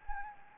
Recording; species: mosquito wingbeat signal from an infrared sensor; Anopheles gambiae